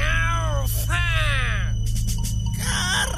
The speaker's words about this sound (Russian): Смотрите, попугай! Попугай прямо к нам летит! Ой, да за ним же кот гонится!